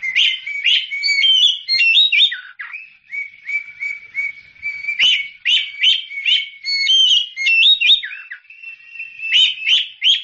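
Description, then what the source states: Oriental magpie-robin pouring out lively song: repeated whistled notes, rolling warbles and rapid chirpy phrases with barely a break. Champion bird singing.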